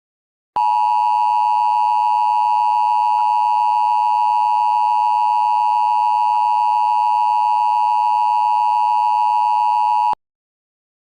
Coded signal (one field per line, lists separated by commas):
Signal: Emergency Alert System (SAME) tones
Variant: 853 and 960 Hz attention tone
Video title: EAS Simulación – Alerta de tornado para Sussex, NJ (prueba de Speechify Tom)